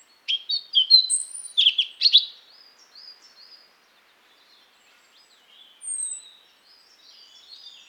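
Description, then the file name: European robin song with a short burst of sharp, tumbling high notes, then soft scattered twitters and a lone thin whistle. "Erithacus rubecula"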